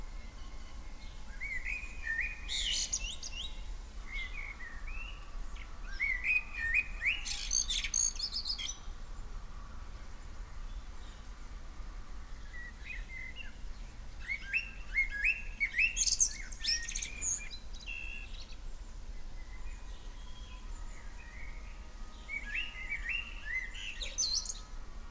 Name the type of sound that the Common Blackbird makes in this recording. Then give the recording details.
song. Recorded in the wild. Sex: male. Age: adult. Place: Lübars, Benekendorffstraße, Berlin, DE. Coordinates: 52.6167, 13.3469. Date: 1998-06-01 15:58. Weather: rain, 18°C. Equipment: Sony MD-WM MZ-R3, Sennheiser MKH 416 T, Kopie Uher 4000 Report Monitor. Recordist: Tembrock, Günter